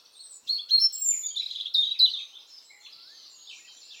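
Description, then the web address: European robin song: a brief cascade of high, sweet notes and slurred whistles in the first two seconds, then quieter, scratchy twitters. "SETE data Erithacus rubecula"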